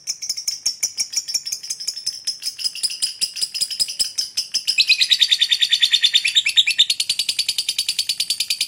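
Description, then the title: Lovebird chattering: a rapid, continuous, buzzy stream of high chirps and twitters that shifts lower in pitch midway, then rises again. Lovebird described as very good at memancing, baiting other birds into calling. "Dari Gayanya Lovebird Ini Terlihat Pintar Sekali Memancing"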